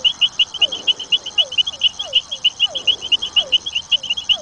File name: Leptodactylus furnarius